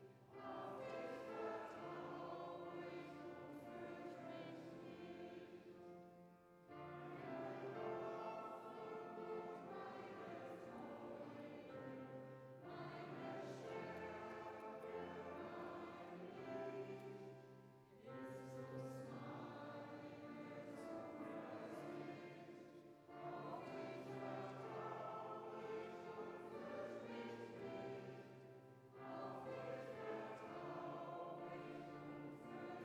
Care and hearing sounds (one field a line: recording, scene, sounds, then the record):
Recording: everyday scene through a hearing-aid microphone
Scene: reverberant space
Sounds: music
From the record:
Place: church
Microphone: behind the ear, right, front